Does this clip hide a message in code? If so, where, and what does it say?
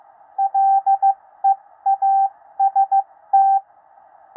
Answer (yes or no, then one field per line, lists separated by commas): yes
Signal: Morse code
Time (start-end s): 0.4-3.6 s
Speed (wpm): 15 wpm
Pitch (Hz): 780 Hz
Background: radio noise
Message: LEAST